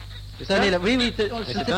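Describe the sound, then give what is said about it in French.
A warbling bird call used as the interval signal of a radio station from Australia, several swooping phrases of rising and falling tones with a slightly tinny broadcast quality over a steady low hum. “C'est l'indicatif de l'Australie.”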